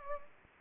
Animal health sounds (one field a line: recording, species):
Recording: mosquito wingbeat signal from an infrared sensor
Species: Anopheles gambiae